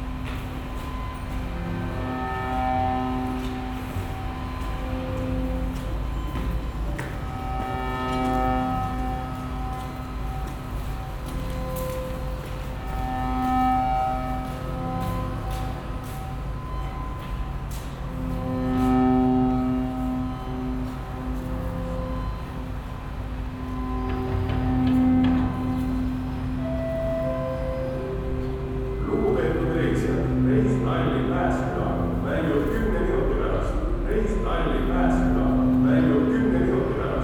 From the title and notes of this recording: In July of 2013 I made a series of field recordings around Telliskivi for a friend who was collecting material on 'soundscapes of creative industries'.